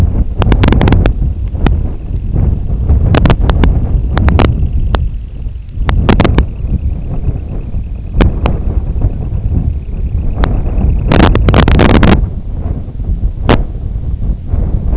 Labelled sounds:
Semipalmated Sandpiper
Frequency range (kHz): Semipalmated Sandpiper 1.7-3.5 kHz
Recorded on Arctic tundra, site IGLO-D, on 23 June 2018
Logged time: 20:00

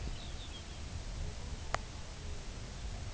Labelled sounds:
Lapland Longspur
unidentified sound
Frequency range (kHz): Lapland Longspur 1.8-5.0 kHz
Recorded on Arctic tundra, site UTQI-2, on 15 June 2019
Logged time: 22:00

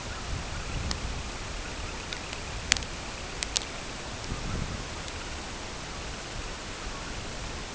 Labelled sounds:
unidentified sound
Semipalmated Sandpiper
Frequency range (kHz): Semipalmated Sandpiper 1.8-3.4 kHz
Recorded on Arctic tundra, site CORI-1, on 12 June 2018
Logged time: 08:00

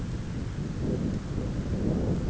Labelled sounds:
Dunlin
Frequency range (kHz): Dunlin 2.2-4.0 kHz
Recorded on Arctic tundra, site ZACK-1, on 9 June 2019
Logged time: 13:49

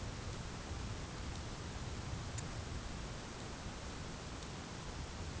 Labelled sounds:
none
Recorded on Arctic tundra, site ZACK-1, on 11 June 2019
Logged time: 01:49

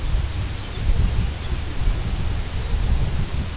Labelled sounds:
Lapland Longspur
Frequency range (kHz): Lapland Longspur 2.6-5.8 kHz
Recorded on Arctic tundra, site UTQI-2, on 10 June 2019
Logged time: 16:00

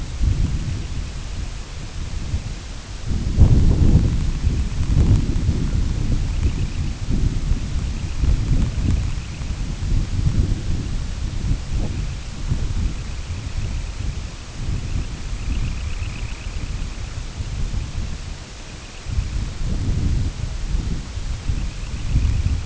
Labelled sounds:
Semipalmated Sandpiper
Red-throated Loon
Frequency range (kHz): Semipalmated Sandpiper 1.8-3.7 kHz
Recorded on Arctic tundra, site IGLO-A, on 22 June 2018
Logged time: 17:59

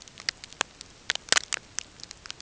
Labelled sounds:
none
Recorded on Arctic tundra, site NAIT-1, on 20 June 2018
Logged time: 05:00

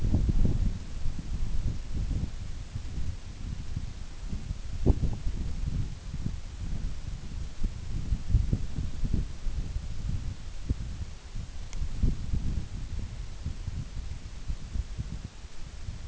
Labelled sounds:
none
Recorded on Arctic tundra, site NAIT-1, on 24 June 2019
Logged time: 04:00

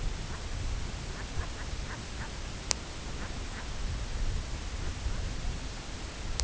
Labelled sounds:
Brent Goose
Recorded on Arctic tundra, site CORI-1, on 18 June 2018
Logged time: 22:00

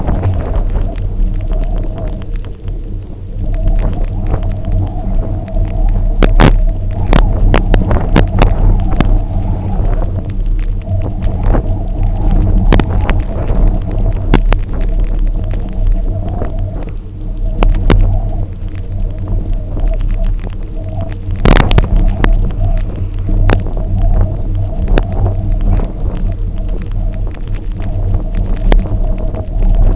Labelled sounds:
none
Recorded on Arctic tundra, site UTQI-0, on 27 June 2018
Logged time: 20:00

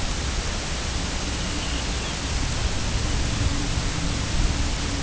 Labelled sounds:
unidentified sound
Lapland Longspur
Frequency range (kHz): Lapland Longspur 3.0-3.9 kHz
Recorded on Arctic tundra, site UTQI-2, on 10 June 2019
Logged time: 16:00

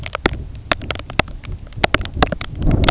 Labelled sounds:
none
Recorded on Arctic tundra, site IGLO-A, on 20 June 2018
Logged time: 21:59

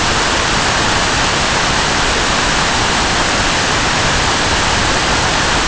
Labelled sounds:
none
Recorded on Arctic tundra, site NAIT-1, on 25 June 2018
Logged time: 03:00

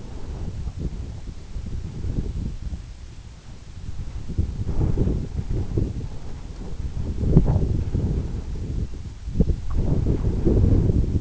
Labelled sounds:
none
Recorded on Arctic tundra, site EABA-1, on 26 June 2018
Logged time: 00:00

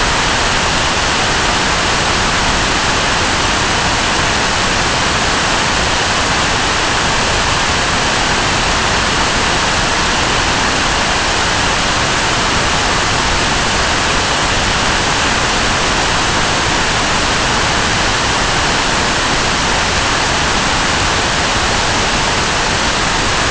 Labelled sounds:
none
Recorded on Arctic tundra, site NAIT-1, on 25 June 2018
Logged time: 03:00

